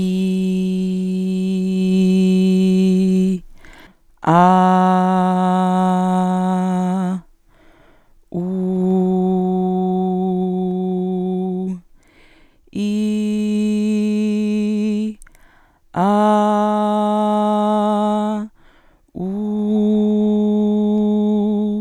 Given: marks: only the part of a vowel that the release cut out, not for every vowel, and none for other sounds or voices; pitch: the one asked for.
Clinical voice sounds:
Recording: sustained vowels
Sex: female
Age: 30 to 39 years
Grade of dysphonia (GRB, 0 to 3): 0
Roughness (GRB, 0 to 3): 0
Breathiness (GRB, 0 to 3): 0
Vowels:
0.00-1.72 s: vowel /i/, normal pitch
4.50-5.68 s: vowel /a/, normal pitch
9.12-11.10 s: vowel /u/, normal pitch
12.98-14.91 s: vowel /i/, high pitch
16.46-18.19 s: vowel /a/, high pitch
19.80-21.58 s: vowel /u/, high pitch
From the record:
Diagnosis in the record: dysphonia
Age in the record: 34 years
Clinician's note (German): Kontrolle, kein stroboskopisch pathologischer Befund

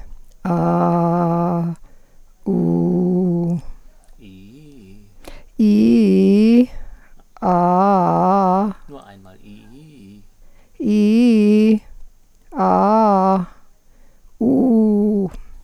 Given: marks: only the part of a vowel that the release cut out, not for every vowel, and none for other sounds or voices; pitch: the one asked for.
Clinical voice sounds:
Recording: sustained vowels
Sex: female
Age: 50 to 59 years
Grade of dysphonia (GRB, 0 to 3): 0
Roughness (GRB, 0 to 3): 0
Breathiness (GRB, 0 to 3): 0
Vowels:
0.64-1.61 s: vowel /a/, low pitch
2.66-3.41 s: vowel /u/, low pitch
11.07-11.68 s: vowel /i/, low-high-low pitch
12.61-13.36 s: vowel /a/, low-high-low pitch
14.44-15.22 s: vowel /u/, low-high-low pitch
From the record:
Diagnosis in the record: psychogenic dysphonia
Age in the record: 58 years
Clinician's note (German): Ponogen; psychogene Dysphonie

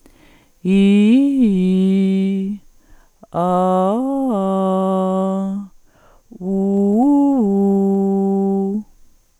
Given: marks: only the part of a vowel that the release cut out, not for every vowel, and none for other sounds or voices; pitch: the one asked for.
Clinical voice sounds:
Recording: sustained vowels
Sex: female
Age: 40 to 49 years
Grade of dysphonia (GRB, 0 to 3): 2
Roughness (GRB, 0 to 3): 2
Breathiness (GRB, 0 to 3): 2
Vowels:
0.77-2.37 s: vowel /i/, low-high-low pitch
3.48-5.42 s: vowel /a/, low-high-low pitch
6.56-8.62 s: vowel /u/, low-high-low pitch
From the record:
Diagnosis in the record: functional dysphonia, dysodia (singing voice disorder)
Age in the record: 47 years

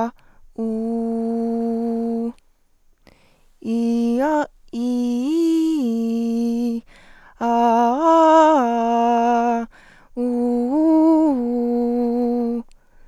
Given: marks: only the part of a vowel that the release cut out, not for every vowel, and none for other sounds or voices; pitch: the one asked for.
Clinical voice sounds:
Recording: sustained vowels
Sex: female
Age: 20 to 29 years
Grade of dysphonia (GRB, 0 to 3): 1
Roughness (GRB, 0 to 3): 0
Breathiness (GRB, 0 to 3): 1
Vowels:
0.66-2.21 s: vowel /u/, low pitch
4.85-6.69 s: vowel /i/, low-high-low pitch
7.51-9.47 s: vowel /a/, low-high-low pitch
10.32-12.31 s: vowel /u/, low-high-low pitch
From the record:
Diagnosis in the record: hyperfunctional dysphonia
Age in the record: 21 years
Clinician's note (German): Leichte hyperfunktionelle Dysphonie

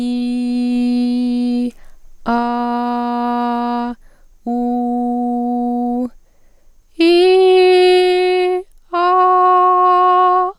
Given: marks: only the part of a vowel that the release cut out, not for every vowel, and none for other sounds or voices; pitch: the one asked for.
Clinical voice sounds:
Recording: sustained vowels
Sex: female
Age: 20 to 29 years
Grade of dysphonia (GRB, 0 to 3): 0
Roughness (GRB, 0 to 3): 0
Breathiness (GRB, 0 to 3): 0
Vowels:
0.00-1.49 s: vowel /i/, normal pitch
2.49-3.74 s: vowel /a/, normal pitch
4.60-5.90 s: vowel /u/, normal pitch
7.53-8.36 s: vowel /i/, high pitch
9.09-10.27 s: vowel /a/, high pitch
From the record:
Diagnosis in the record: dysodia (singing voice disorder)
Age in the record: 28 years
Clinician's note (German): Leichte ponogene Tendenz zur Hyperfunktion, enge Artikulation

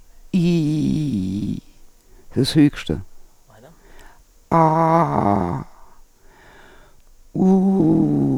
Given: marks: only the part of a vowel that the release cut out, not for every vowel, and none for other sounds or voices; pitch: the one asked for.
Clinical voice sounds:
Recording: sustained vowels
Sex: female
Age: 60 to 69 years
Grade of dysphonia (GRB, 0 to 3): 2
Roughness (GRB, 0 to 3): 2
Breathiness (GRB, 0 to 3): 1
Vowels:
0.45-1.38 s: vowel /i/, high pitch
4.58-5.15 s: vowel /a/, high pitch
7.48-8.12 s: vowel /u/, high pitch
From the record:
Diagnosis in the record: Reinke's edema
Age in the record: 62 years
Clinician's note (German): Mäßige Form

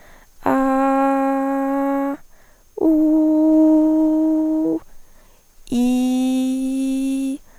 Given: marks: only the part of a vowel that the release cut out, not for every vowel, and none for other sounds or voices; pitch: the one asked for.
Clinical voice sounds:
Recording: sustained vowels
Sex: female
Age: 18 to 19 years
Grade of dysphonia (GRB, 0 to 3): 0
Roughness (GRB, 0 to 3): 0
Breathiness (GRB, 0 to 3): 0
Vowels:
0.73-2.03 s: vowel /a/, high pitch
3.12-4.51 s: vowel /u/, high pitch
5.92-7.22 s: vowel /i/, low pitch
From the record:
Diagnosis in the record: healthy voice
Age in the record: 18 years

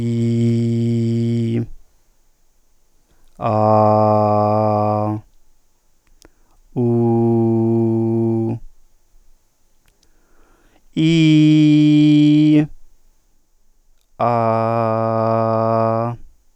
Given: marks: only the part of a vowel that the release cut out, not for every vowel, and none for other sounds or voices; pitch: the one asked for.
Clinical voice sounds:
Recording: sustained vowels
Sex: male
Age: 30 to 39 years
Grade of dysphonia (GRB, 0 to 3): 0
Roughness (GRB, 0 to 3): 0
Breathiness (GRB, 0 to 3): 0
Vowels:
0.00-1.47 s: vowel /i/, normal pitch
3.53-5.05 s: vowel /a/, normal pitch
6.84-8.42 s: vowel /u/, normal pitch
11.05-12.53 s: vowel /i/, high pitch
14.29-16.02 s: vowel /a/, high pitch
From the record:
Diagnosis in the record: central laryngeal movement disorder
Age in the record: 38 years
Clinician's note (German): Krankheitsbeginn mit Bild der zerebellären Ataxie

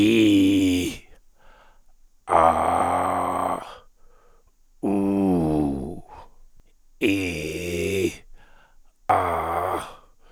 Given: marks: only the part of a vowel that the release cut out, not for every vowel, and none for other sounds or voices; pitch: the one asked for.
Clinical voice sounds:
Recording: sustained vowels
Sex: male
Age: 60 to 69 years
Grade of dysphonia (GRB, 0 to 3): 3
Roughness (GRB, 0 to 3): 3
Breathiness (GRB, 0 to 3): 2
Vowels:
0.00-0.81 s: vowel /i/, normal pitch
2.55-3.48 s: vowel /a/, normal pitch
4.98-5.71 s: vowel /u/, normal pitch
7.23-8.03 s: vowel /i/, high pitch
9.21-9.79 s: vowel /a/, high pitch
From the record:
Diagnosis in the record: dysphonia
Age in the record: 60 years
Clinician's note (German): Bei Verdacht auf Leukoplakie, R2 H2 B2; 1. Aufn. prä OP, OP

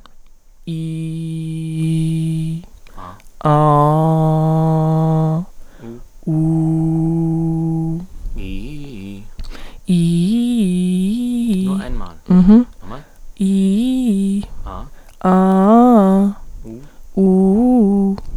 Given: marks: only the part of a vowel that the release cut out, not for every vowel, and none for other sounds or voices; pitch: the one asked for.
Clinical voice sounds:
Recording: sustained vowels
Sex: female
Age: 30 to 39 years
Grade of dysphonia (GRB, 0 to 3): 0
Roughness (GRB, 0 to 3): 0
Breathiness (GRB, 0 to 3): 0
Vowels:
0.73-2.47 s: vowel /i/, low pitch
3.53-5.29 s: vowel /a/, low pitch
6.32-7.90 s: vowel /u/, low pitch
13.45-14.34 s: vowel /i/, low-high-low pitch
15.29-16.19 s: vowel /a/, low-high-low pitch
17.20-18.09 s: vowel /u/, low-high-low pitch
From the record:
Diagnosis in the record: healthy voice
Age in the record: 31 years

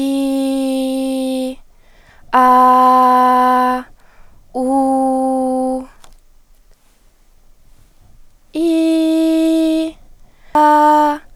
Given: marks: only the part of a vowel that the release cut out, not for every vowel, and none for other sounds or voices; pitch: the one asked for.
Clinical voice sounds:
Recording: sustained vowels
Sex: female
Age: 20 to 29 years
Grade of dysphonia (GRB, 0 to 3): 1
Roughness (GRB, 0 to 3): 1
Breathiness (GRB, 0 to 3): 0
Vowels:
0.00-1.45 s: vowel /i/, normal pitch
2.50-3.64 s: vowel /a/, normal pitch
4.75-5.68 s: vowel /u/, normal pitch
8.77-9.78 s: vowel /i/, high pitch
10.58-11.11 s: vowel /a/, high pitch
From the record:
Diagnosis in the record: healthy voice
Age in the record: 23 years

